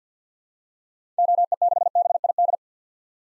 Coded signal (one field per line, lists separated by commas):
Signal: Morse code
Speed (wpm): 50 wpm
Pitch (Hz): 700 Hz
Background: none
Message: OE6BID